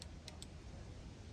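A ratcheting PEX clamp tool is squeezed to crimp a metal clamp ring around PEX pipe, giving short high ticks at 0.0 s and 0.3 s over a steady low rumble. A final sharp click at 0.4 s marks the full crimp, and the clamp is confirmed as done.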